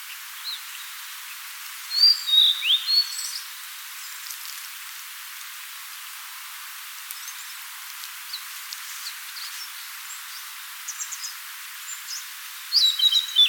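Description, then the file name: Blue-and-white flycatcher song: a whistled phrase of slurred, falling notes, a long pause with faint ticks, then another phrase starting. "Cyanoptila cyanomelana"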